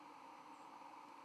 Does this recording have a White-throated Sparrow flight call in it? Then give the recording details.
yes. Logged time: 04:49 on 31 October 2014